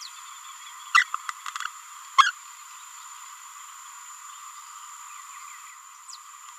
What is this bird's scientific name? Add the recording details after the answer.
Forpus passerinus. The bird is a male. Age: 24 days. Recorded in a nest box in Venezuela. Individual 17B31A1